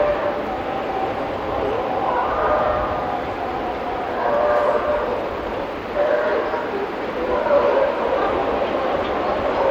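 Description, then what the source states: Sea lion colony: a dense, continuous clamour of overlapping hoarse calls, swelling in a few waves. Breathing and clamour of a sea lion colony.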